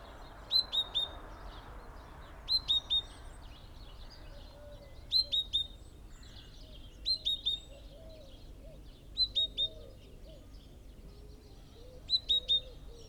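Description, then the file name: Great tit: clear groups of three sharp, ringing notes repeated about every two to three seconds, over steady low background noise. "Parus major"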